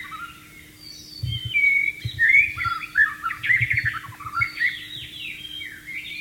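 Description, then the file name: White-rumped shama song: continuous varied whistles and chattering notes rising and falling, with a few dull low knocks. Wild bird, recorded in the wild. "suara burung murai batu di alam liar"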